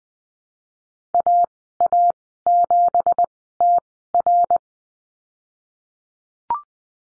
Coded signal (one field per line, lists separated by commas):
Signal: Morse code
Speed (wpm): 20 wpm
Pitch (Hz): 700 Hz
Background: none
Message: AA7TR